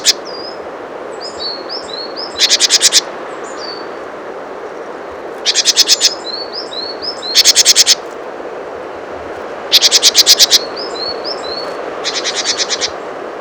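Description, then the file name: Great tit scolding with dry, rapid chattering bursts, five rattles spaced roughly two to three seconds apart, while faint high thin notes sound in the gaps. "Parus major"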